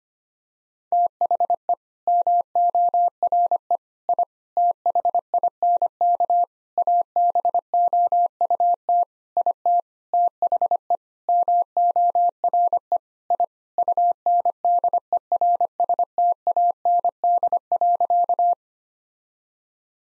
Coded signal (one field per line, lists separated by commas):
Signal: Morse code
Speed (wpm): 25 wpm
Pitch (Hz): 700 Hz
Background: none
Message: THE MORE I THINK ABOUT IT THE MORE I UNDERSTAND.